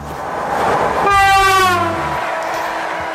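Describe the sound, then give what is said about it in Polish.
A passenger train rumbles along the rails, and a loud, steady, multi-tone horn blares for about a second before fading back into the rolling noise. No one speaks. “Pierwsze pociągi na tory wyjadą za 2 lata.”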